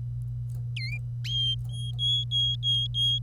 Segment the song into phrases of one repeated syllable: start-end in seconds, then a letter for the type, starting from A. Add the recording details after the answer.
0.76-0.98 A, 1.24-3.19 B. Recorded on 25 April 2018 at 09:43. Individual llb3